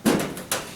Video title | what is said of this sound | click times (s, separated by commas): Tumble dryer not turning motor change on a White Knight can be used other makes | now we can put the lid on the machine as I said goes forward sides back locks | 0.1 s, 0.5 s